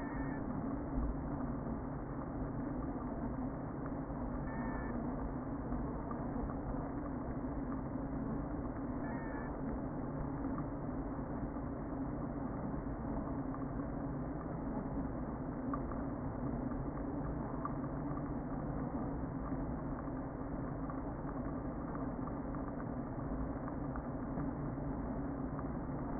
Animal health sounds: honeybee colony, microphone inside the hive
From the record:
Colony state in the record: queen present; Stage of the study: before two queens were removed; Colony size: about 60,000 bees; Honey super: yes

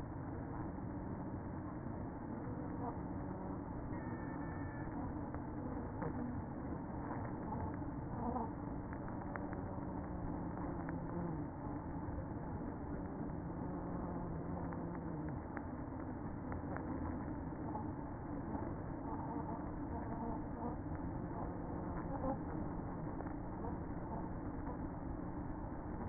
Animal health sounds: honeybee colony, microphone inside the hive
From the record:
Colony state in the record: queen present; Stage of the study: after two queens were removed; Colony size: about 60,000 bees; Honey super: yes

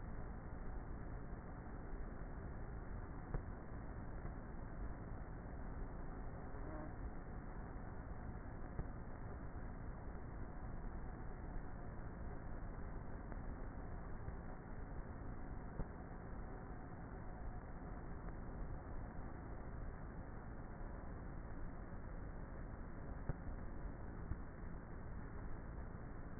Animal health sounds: honeybee colony, microphone inside the hive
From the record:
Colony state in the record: queenless with a low population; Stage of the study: before two queens were removed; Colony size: about 30,000 bees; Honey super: no

